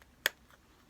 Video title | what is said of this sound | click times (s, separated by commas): @cpac #sleepapnea ￼because I snore and stop breathing in my sleep | It just in and click. I'm not for sure if you can hear the clicking part. | 0.3 s